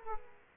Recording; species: mosquito wingbeat signal from an infrared sensor; Aedes aegypti